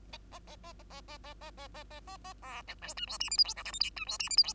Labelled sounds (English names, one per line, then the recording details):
Bengalese Finch song
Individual Bird2